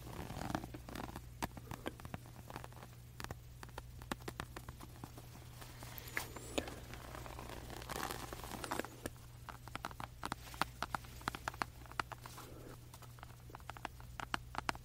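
Scratching and tapping on a lamp: a dense, irregular run of sharp clicks and light knocks across the whole stretch, with brief scratchy rasps between them. A steady low hum sits underneath from the first half second onward.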